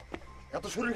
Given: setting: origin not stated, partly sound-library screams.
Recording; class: one-second piece from a danger detection set; normal situation